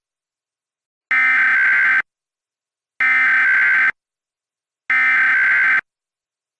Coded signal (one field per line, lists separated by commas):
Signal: Emergency Alert System (SAME) tones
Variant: header bursts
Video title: EAS Mock: Kaiju Emergency Alert System Test [v2] Recreation